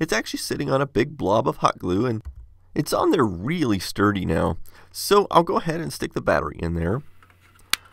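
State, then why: Seated. Someone talks while a coin cell battery is pushed into its holder on the logic board of a Korg Poly 800 synth, the holder now sitting sturdily on a big blob of hot glue. A sharp snap at 7.7 s marks the battery seating in the holder.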